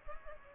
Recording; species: mosquito wingbeat signal from an infrared sensor; Culex pipiens